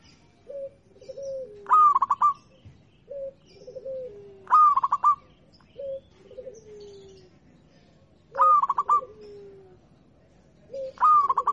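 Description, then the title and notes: Zebra dove song: short stuttered phrases of a rising note plus quick notes. Between them a lower, falling cooing call repeats, giving a back-and-forth pattern. Local-type zebra dove. "Kicau Perkutut Lokal. Kicau Burung Perkutut"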